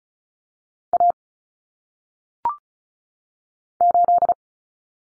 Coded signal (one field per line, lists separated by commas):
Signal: Morse code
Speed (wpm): 36 wpm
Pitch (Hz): 700 Hz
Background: none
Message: A 8